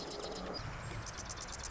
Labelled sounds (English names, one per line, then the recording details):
Marsh Wren
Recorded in Sonoma County, California